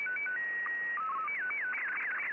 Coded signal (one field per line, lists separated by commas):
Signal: SSTV (slow-scan television)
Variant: Martin 2